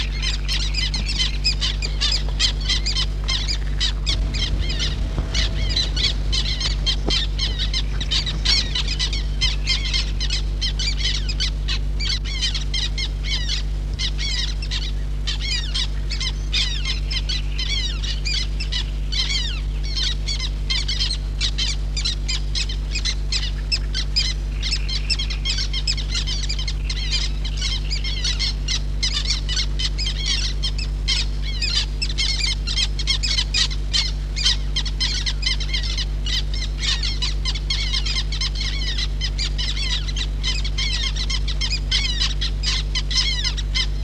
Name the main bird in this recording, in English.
Black Tern